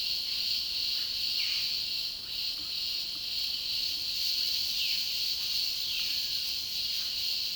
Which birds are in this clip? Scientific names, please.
Cyanocorax violaceus